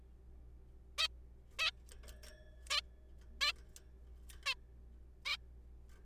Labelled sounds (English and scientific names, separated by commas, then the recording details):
Zebra Finch (Taeniopygia guttata)
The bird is a juvenile
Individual R3428